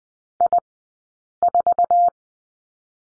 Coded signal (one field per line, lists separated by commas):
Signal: Morse code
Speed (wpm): 20 wpm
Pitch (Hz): 700 Hz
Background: none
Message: I4